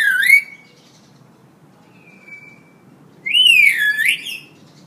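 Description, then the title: Hill myna gives a sharp slurred whistle, then a soft level tone, then a loud wavering slurred whistle near the end. Vocal ('gacor') hill myna; tutor audio (masteran) for training birds. "Suara Burung Beo Gacor Cocok Untuk Masteran"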